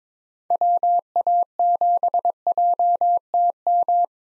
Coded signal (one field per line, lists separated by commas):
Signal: Morse code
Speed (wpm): 22 wpm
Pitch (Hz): 700 Hz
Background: none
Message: WA7JTM